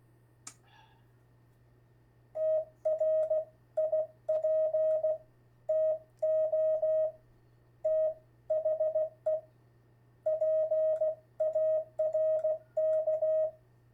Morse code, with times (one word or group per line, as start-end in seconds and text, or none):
2.4-5.1 TRIP
5.7-7.1 TO
7.9-9.4 THE
10.3-13.5 PARK